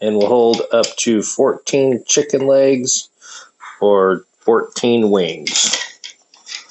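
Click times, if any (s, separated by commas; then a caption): none. Someone talks while handling a metal chicken-leg/wing rack that holds up to 14 chicken legs or 14 wings, folding its wire legs into the rack frame. Near the end, a few brief metal-on-metal clatters are heard around 6.0–6.6 s. Nothing has seated or locked into place yet.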